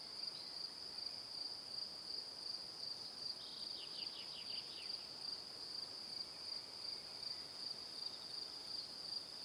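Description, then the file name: Crickets chirping in a steady, high pulsed trill that runs throughout, with a brief burst of quick descending chirps near the middle over soft background hiss. Crickets recorded in the evening. "Calm - Evening Crickets"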